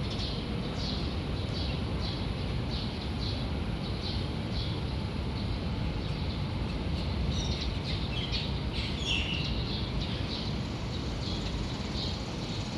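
A dense, steady city street murmur in Kuala Lumpur's Chinatown, with low traffic rumble and faint, bright bird chirps scattered throughout.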